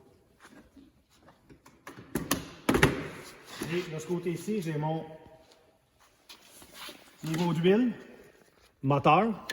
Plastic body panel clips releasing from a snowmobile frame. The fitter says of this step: ici on va enlever les panneaux même chose d'un clip d'habitants écoutez